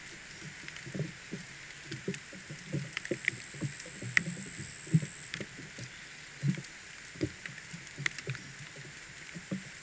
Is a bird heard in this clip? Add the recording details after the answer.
no. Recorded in pastures near Puerto Asís, Putumayo, Colombia, on 30 June 2025 at 17:00. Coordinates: 0.486, -76.323. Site H29